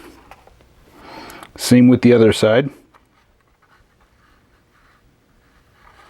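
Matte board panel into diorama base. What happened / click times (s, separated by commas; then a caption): A board panel is handled but has not yet seated / none. A matte board panel for the matching side of a diorama is handled and moved toward its place in the diorama base, with soft scraping and a few light taps. Someone talks briefly in the middle. Nothing has seated or clicked yet, and the clip ends with the panel not yet pressed home.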